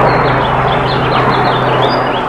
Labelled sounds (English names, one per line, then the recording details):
House Finch song
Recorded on Long Island, New York, on 13 June 2011
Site MH
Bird A